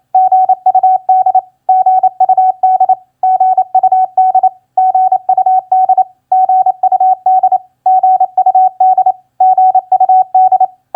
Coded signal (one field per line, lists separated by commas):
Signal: Morse code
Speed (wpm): 27 wpm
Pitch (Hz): 750 Hz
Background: none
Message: GUD GUD GUD GUD GUD GUD GUD